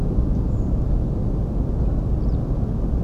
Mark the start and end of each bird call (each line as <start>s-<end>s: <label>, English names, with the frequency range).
0.47s-0.71s: Redwing (6.2-7.7 kHz)
2.19s-2.37s: Eurasian Skylark (3.2-6.6 kHz)